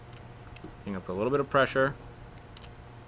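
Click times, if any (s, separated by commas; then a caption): 2.6 s. A sound disc, placed o-ring side up, is pressed with a little pressure into the body of an Airsoft Innovations Tornado airsoft grenade while someone talks. After the speech, two small, sharp snaps come at 2.6 s and 2.6 s as the disc snaps and seats in place.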